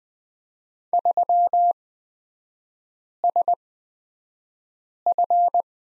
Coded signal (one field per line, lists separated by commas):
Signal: Morse code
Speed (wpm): 20 wpm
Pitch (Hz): 700 Hz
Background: none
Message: 3SF